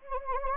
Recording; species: mosquito wingbeat signal from an infrared sensor; Anopheles gambiae